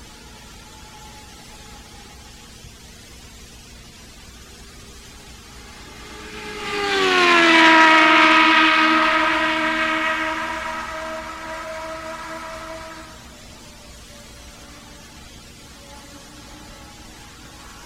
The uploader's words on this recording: Pre-season testing for CART IndyCar Series teams at the one-mile Phoenix International Raceway oval where the glorious 2.65-liter turbocharged V8 engines rage. Cars from the Toyota Atlantic Championship and Indy Lights take turns lapping the daunting bullring.